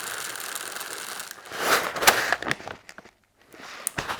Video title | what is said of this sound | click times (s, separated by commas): SSR249 How To Shoot | And then to close it, it's pretty simple. It just clicks into place. | 3.9 s